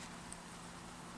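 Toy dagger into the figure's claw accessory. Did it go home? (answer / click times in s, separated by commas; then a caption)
no / none. The plastic dagger accessory of a 2011 Bandai Thundercats Lion-O action figure is handled and pressed toward the notch in the back of the figure's claw weapon. Over a steady low hiss, there is a single faint, brief tick at about 0.3 s. Nothing has seated or snapped into place yet.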